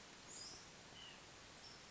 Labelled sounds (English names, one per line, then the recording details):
White-breasted Nuthatch
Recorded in Sonoma County, California